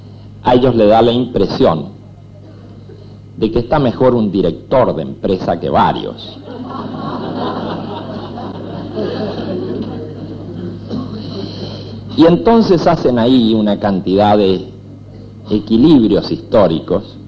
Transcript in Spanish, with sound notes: A ellos les da la impresión de que está mejor un director de empresa que varios. (Risas) Y entonces hacen ahí una cantidad de equilibrios históricos